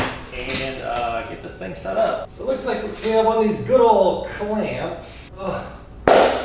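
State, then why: Seated. Someone talks while the folding stem of a large Foholo F19 electric scooter is raised and its clamp is closed. At 6.1 s a single sharp click is heard as the stem clamp latches and seats in place.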